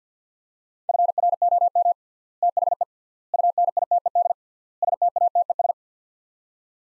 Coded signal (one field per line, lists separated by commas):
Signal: Morse code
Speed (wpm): 50 wpm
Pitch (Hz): 700 Hz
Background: none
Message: FROM THE UNITED STATES